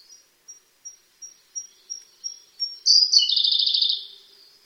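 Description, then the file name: Siberian blue robin song: a string of thin high notes, gradually louder, about three a second, then a fast, rich rattling trill lasting about a second. "koruri"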